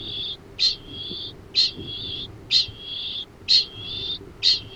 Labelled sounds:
Kākāpō (Strigops habroptilus) ching call
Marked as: faintness 2/5
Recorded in New Zealand
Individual Arab

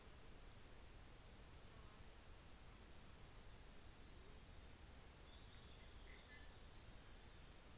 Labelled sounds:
New Zealand Fantail (Rhipidura fuliginosa)
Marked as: faintness 2/5, faintness 3/5
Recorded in New Zealand on 24 December 2018
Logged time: 15:00

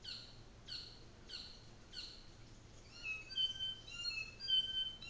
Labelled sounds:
North Island Saddleback (Philesturnus rufusater)
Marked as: faintness 1/5
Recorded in New Zealand on 24 December 2018
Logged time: 14:00

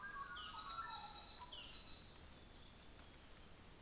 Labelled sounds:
North Island Saddleback (Philesturnus rufusater)
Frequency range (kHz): North Island Saddleback (Philesturnus rufusater) 2.3-6.3 kHz
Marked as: faintness 4/5
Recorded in New Zealand on 24 December 2018
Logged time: 09:00

